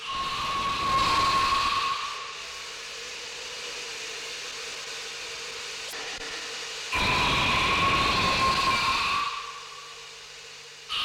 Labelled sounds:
South American Sea Lion (Otaria flavescens) call

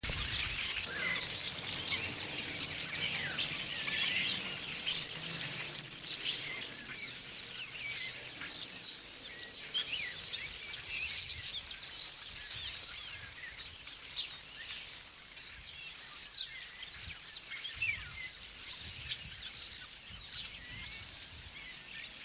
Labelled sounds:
European Starling (Sturnus vulgaris) song

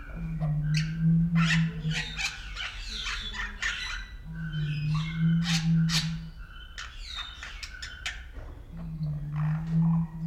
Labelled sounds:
Bali Myna (Leucopsar rothschildi)

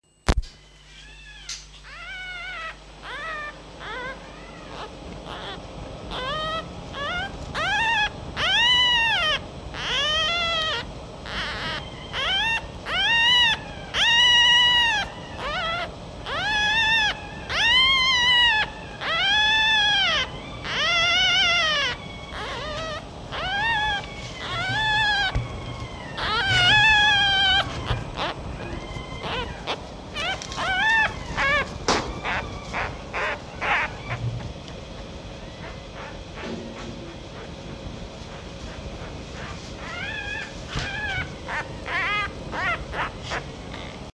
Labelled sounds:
Red Fox (Vulpes vulpes)

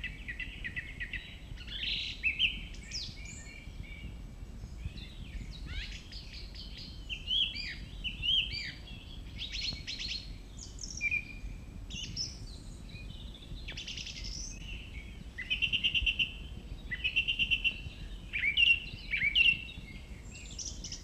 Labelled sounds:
Song Thrush (Turdus philomelos) song

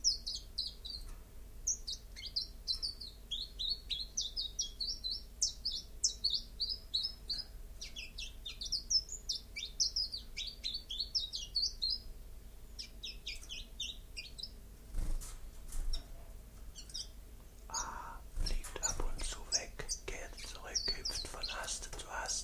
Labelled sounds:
Common Chiffchaff (Phylloscopus collybita) song

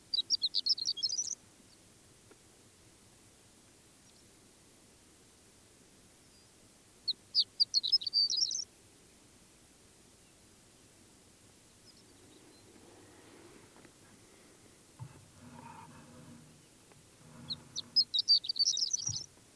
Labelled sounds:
Horned Lark (Eremophila alpestris)

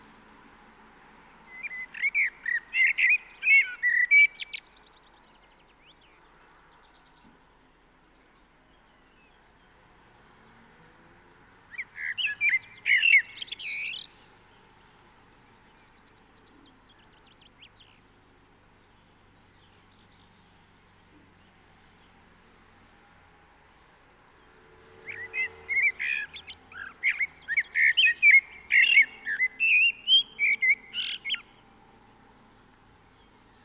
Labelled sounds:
Common Blackbird (Turdus merula) song

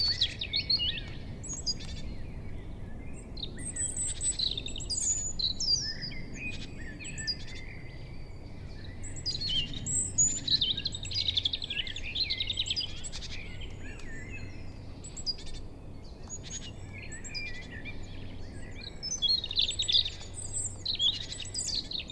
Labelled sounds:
Black Woodpecker (Dryocopus martius) flight call

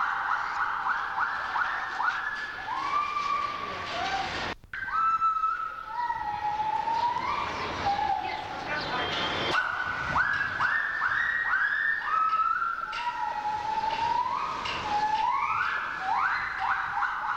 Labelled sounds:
Silvery Javan Gibbon (Hylobates moloch)

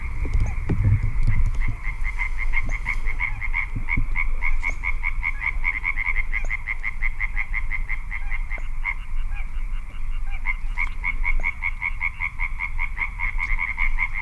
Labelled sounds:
Little Crake (Porzana parva)

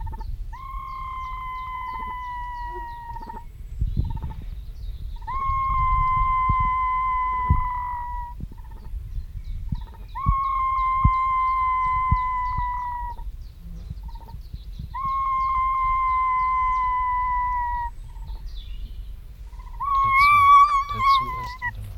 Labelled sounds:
Great Bustard (Otis tarda) call

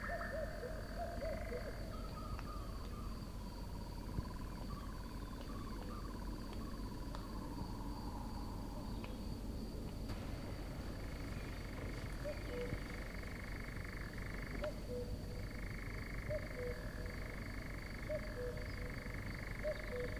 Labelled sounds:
Eurasian Nightjar (Caprimulgus europaeus)

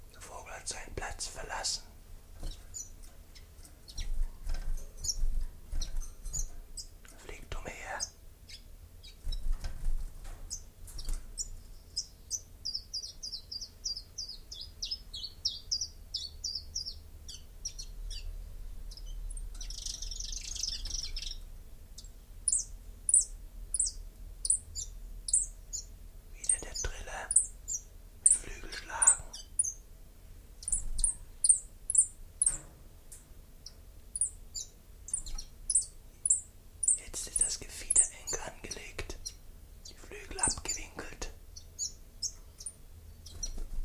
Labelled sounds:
Common Chiffchaff (Phylloscopus collybita) song

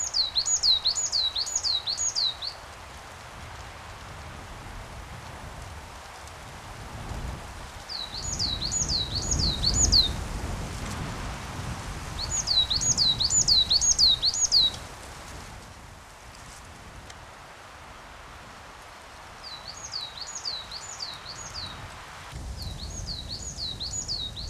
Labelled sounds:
Coal Tit (Periparus ater) song

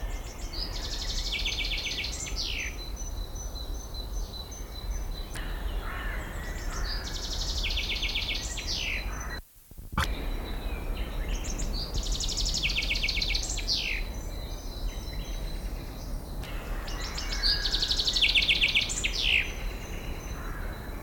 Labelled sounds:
Common Chaffinch (Fringilla coelebs)

